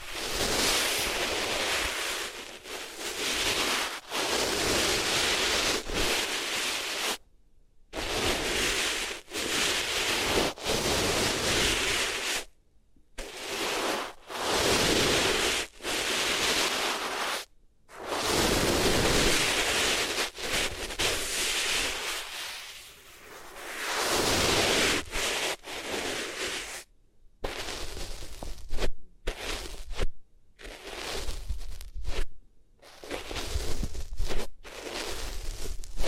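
Rubbing against the ears on different materials makes dense, hissy, rushing friction sounds, like wind or surf. The rubbing comes in bursts of a second or several seconds, some swelling and fading, separated by abrupt dead silences. Toward the end the gaps come more often.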